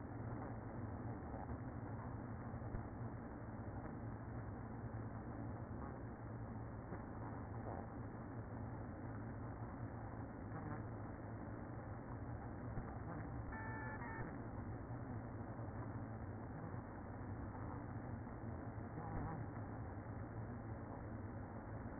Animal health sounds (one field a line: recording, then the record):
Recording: honeybee colony, microphone inside the hive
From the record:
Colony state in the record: queen present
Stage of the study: after two queens were removed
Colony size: about 60,000 bees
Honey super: yes